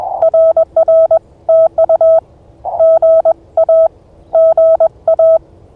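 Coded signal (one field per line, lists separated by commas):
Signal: Morse code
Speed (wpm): 21 wpm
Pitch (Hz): 660 Hz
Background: none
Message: RR TU GA GA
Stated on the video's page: Unedited Morse pile-up during an early-morning Parks on the Air activation at a Kentucky state nature preserve.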